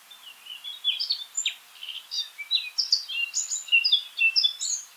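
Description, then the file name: Eurasian blackcap delivering a quick, jumbled warble of chirps and short whistles, rising in volume after a soft start and continuing in a lively, uneven stream. "Sylvia atricapilla"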